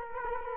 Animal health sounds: mosquito wingbeat signal from an infrared sensor; Culex quinquefasciatus

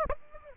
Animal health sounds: mosquito wingbeat signal from an infrared sensor; Aedes aegypti

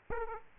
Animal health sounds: mosquito wingbeat signal from an infrared sensor; Aedes aegypti

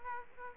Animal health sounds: mosquito wingbeat signal from an infrared sensor; Aedes aegypti

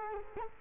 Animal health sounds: mosquito wingbeat signal from an infrared sensor; Culex quinquefasciatus

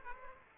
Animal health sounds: mosquito wingbeat signal from an infrared sensor; Aedes aegypti

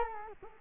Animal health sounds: mosquito wingbeat signal from an infrared sensor; Culex quinquefasciatus

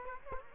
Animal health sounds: mosquito wingbeat signal from an infrared sensor; Culex quinquefasciatus

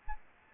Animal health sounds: mosquito wingbeat signal from an infrared sensor; Aedes albopictus

